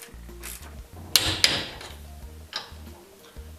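A preset torque wrench tightens the next wheel nut on a car, the second tightening, until it reaches its setting. Two sharp metallic clicks ring out at 1.2 s and 1.4 s over a steady low background hum, with a fainter knock near 2.6 s. The wrench clicks at its set torque.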